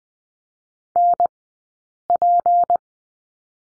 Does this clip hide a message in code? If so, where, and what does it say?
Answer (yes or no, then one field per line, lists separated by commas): yes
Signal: Morse code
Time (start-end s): 1.0-2.8 s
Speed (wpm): 20 wpm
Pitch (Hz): 700 Hz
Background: none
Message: NP